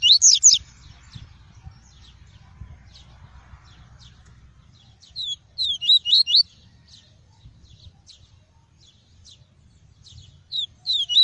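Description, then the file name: Double-collared seedeater song in short bursts of rapid high twitters separated by quiet gaps with faint scattered chips. Song of the "tui-tui" variety. "canto do papa capim tui tui"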